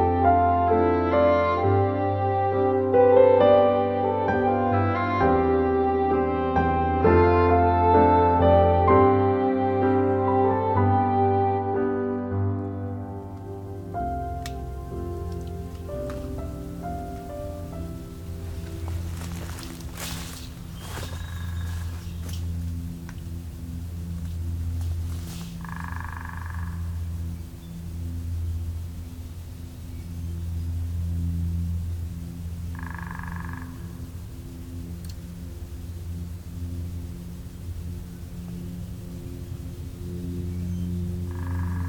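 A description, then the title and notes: Frogs call through a swamp in spring, a dense, pulsing chorus of low trilling croaks that fills the first fourteen seconds. The chorus then drops away to a quieter low hum, with a few sharp clicks around twenty seconds and short bright chirps repeating every seven seconds or so. This morning we'll be taking a walk through the Beverly Swamp, listening for spring arrivals, and emerged frog species.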